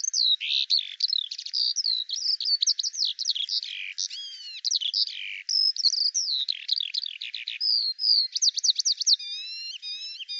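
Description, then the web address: Bird calls: a rapid, continuous string of high chirps, slurred whistles and rising-falling notes, with buzzy trills and harmonic notes near the end. "Deverinetal 2025 File cleaned normalized Bird Al Ar"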